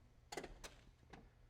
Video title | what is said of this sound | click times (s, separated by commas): 1975 Jaguar XJ6 Coupe - Jay Leno's Garage | and the chunk closes with a nice solid click that may just go oh look | 0.3 s